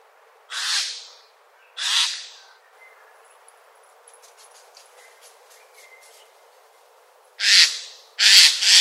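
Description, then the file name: Eurasian jay calling with four harsh, tearing screeches, a pair early and a pair late, separated by a quiet gap with faint ticking and thin whistles. "Garrulus glandarius"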